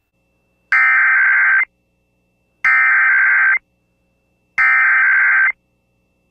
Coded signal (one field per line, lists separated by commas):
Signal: Emergency Alert System (SAME) tones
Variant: header bursts